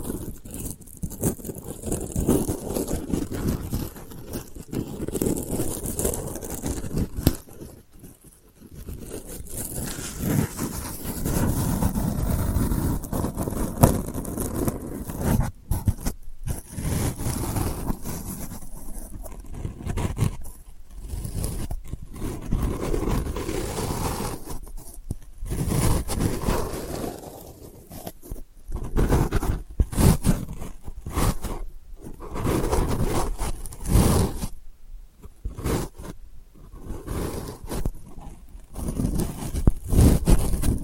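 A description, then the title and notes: Delicate scratching goes on almost without pause, a dense, rough rasp that is strongest low and mid and thins into a faint airy hiss up top. The strokes come in uneven bursts separated by brief near-silent gaps, notably around 8, 16, 25 and 35 seconds. ASMR Delicate Scratching for Sleep (No Talking).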